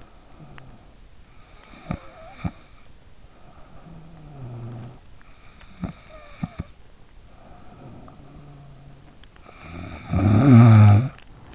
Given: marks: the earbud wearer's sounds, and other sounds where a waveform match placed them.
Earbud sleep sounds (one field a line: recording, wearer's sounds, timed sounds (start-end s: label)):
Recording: sounds in sleep by an in-ear microphone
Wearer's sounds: snoring breath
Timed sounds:
0.64-3.38 s: snoring breath
3.90-7.10 s: snoring breath
7.50-11.55 s: snoring breath